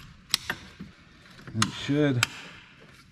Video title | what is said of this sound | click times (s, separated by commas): How to Replace a Battery 2014-2020 Yukon, Tahoe, Escalade, Denali (More to Fix on the Yukon) | oh it does it snaps right into place | 0.3 s